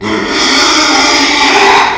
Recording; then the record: squeal of a Yucatan mini pig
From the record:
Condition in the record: after surgery on the right vocal fold (resection and tissue-engineered implant); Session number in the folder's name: 2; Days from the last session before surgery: 13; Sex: male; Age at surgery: 12 weeks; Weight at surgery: 13 kg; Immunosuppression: cyclosporine, prednisolone